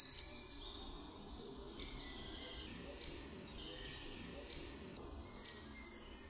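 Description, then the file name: Goldcrest song: short bursts of very high, thin, rapidly repeated notes at the start and end, with faint high tones drawn out in between. "MYSIKROLIK"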